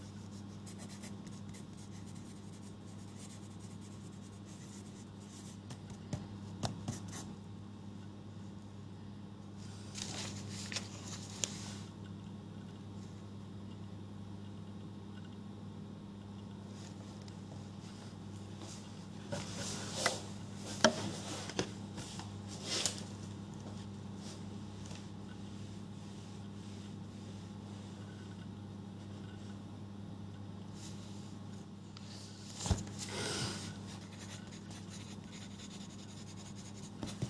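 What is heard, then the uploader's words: Pages of notes are handled and written on, with scratchy pen or paper rubbing in short bursts around 6, 10–12, 19–23 and 33 seconds. Between them it stays quiet apart from a steady low hum, with one sharp tap near 33 seconds. Going through my notes and re-writing stuff.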